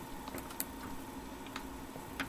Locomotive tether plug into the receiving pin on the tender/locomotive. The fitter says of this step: You'll be able to hear it click once it's in.